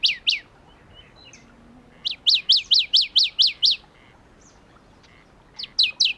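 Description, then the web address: Shrub frog producing bursts of sharp, high-pitched clicking notes: two at the start, a run of about eight midway, and another short series at the end. Philautus fuscatus at Kuda, 28 June 2012. "June 28 2012 Phfuscatus Kuda"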